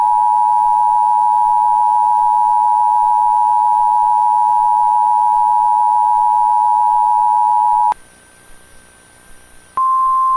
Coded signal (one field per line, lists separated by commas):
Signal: Emergency Alert System (SAME) tones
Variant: 853 and 960 Hz attention tone